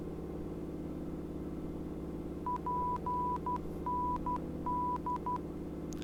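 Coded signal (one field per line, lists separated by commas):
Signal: Morse code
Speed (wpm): 12 wpm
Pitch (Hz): 990 Hz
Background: none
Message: PND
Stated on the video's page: Morse ident heard while tuning the ADF panel in a Constellation flight simulator aircraft.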